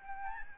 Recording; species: mosquito wingbeat signal from an infrared sensor; Aedes albopictus